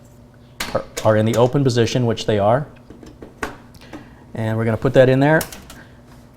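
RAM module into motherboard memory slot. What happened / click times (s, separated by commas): The module is handled but not yet clicked home / none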